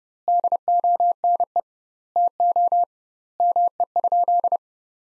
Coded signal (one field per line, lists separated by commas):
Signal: Morse code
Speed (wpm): 32 wpm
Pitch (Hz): 700 Hz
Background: none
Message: DONE TO ME?